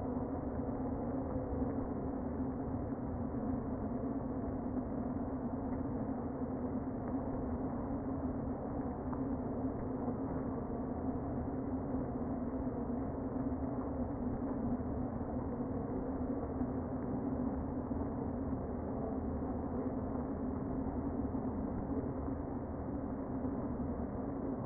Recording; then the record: honeybee colony, microphone inside the hive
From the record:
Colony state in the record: queen present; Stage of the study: before two queens were removed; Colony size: about 60,000 bees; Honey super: yes